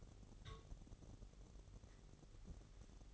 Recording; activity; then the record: daily activity, microphone in the room; take from stove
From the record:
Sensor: 4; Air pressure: 989.1 hPa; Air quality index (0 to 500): 209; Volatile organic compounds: 57 ppm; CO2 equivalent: 3381 ppm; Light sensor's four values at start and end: 29/97/36/38 and 29/97/36/38